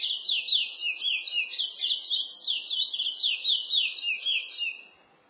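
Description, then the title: Chestnut-bellied seed finch singing a fast, continuous stream of slurred whistled notes that rise and fall in quick succession, then stopping just before the end. "Canto De Curio"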